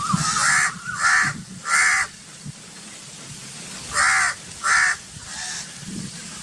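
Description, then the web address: Myna repeating harsh, squawking calls, a group of three and then a second group, over a constant background hiss and low rumble. "animal-sound myna-sound"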